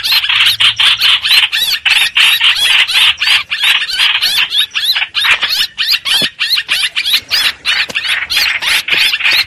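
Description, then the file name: Streak-eared bulbul distress calling: fast series of rasping, squealing notes, a little more separated toward the end, sounding urgent and uneven. Distress call given to call the flock. "Tieng chim trao trao keu cuu goi bay"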